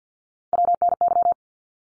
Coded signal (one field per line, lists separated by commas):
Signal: Morse code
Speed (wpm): 50 wpm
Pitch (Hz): 700 Hz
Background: none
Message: WNY